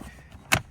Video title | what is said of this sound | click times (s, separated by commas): 2023 Subaru Outback Infotainment Trim Piece Removal | click, click. | 0.5 s